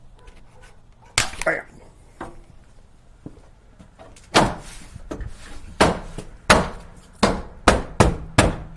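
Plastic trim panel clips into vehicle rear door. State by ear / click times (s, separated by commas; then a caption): seated / 1.2 s, 5.8 s, 6.5 s, 7.7 s, 8.4 s. A plastic rear door trim panel on a Toyota FJ Cruiser is pressed and struck around its edge so its retaining clips snap back into the holes in the door. A series of sharp knocks is heard, with clips snapping in at 1.2, 5.8, 6.5, 7.7 and 8.4 seconds. The panel is seated.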